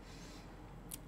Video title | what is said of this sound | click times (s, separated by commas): A IMPORTÂNCIA DE USAR CAPACETE FECHADO | que que é travar ouv o clique ainda levantar ele para cima para ver se ele tá travado | 0.9 s